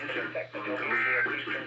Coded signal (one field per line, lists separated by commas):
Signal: Emergency Alert System (SAME) tones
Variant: end-of-message bursts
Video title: Short, but Sweet... | EAS #1976-2013 (Severe Weather Alerts from 3/31/2022)